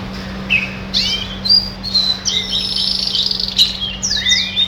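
Red siskin singing a lively twittering song of high chirps, buzzy notes and quick slurred whistles, with a steady low hum underneath.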